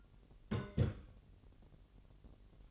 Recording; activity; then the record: daily activity, microphone in the room; place on stove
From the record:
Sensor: 4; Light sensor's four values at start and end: 7/15/6/6 and 7/15/6/6